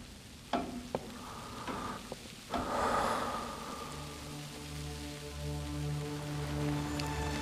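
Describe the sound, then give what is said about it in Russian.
Heavy rain pours at night during a funeral, people standing under black umbrellas, in a dense, steady hiss, preceded by a few sharp taps and knocks, while a low sustained tonal drone rises underneath through the second half. “Ночь, ливень, похороны.”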